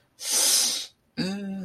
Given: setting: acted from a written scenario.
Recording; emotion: vocal sound without words; guilt